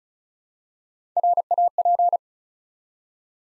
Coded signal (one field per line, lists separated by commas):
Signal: Morse code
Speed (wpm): 36 wpm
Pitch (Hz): 700 Hz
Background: none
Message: RAP